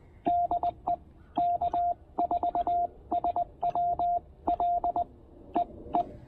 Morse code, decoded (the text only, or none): DE K4SWL E E